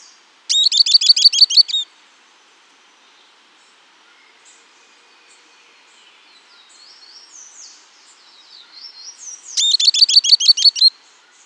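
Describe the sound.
Bird calling twice, each a quick burst of about eight high chirps, about nine seconds apart, with faint twittering between the bursts.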